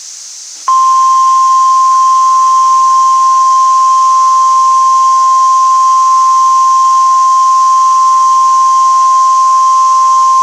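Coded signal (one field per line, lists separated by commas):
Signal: Emergency Alert System (SAME) tones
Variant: 1050 Hz attention tone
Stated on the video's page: Mock EAS alert, not a real broadcast.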